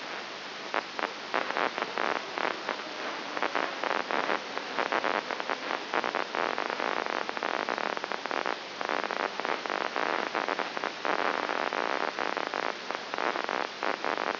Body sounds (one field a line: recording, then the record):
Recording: brain microelectrode recording played as sound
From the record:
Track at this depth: inside the subthalamic nucleus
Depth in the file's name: 3.301 mm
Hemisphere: right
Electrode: 3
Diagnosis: Parkinson's disease